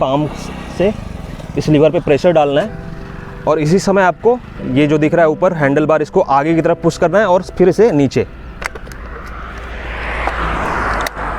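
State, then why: Seated. The aluminium stem of a Protos electric kick scooter is pushed forward and folded down while palm pressure is held on the fold lever. Someone talks, then a few sharp taps and a rising scrape are heard as the stem folds. A click at 11.1 s marks the fold latch locking in the folded position.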